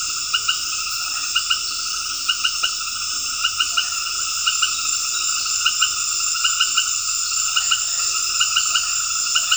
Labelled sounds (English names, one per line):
none